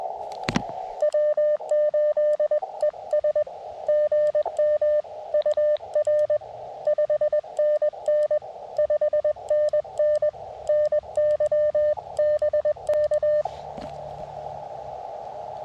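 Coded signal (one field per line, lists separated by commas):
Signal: Morse code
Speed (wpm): 20 wpm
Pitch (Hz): 590 Hz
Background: none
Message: W8ES GM UR 5NN 5NN NY BK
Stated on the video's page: QRP park activation sent on a BaMaTech TP-III key into an Elecraft KX2 with a Tufteln 9:1 41-foot end-fed random wire; busy bands, so-so copy.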